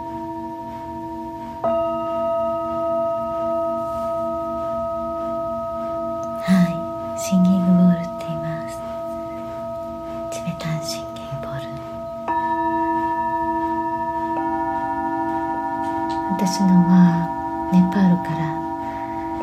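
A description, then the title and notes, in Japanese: Singing bowls ring in long, steady overlapping tones for sound healing, with new strikes near 2 and 12 seconds adding bright sustained pitches. Brief low murmurs like soft speech break in around 7 and 17 seconds over the continuous hum. シンギングボウルのサウンドヒーリング。チベタンシンギングボウル。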